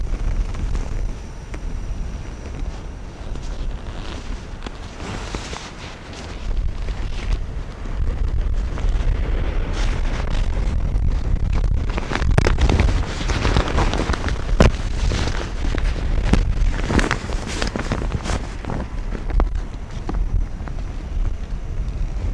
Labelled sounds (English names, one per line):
Arctic Fox